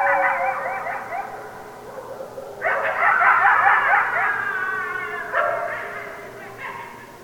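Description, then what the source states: Coyotes howling in wavering tones, then a dense overlapping burst of yips and howls, followed by shorter calls that fade. Several coyotes recorded on 16 December 2012.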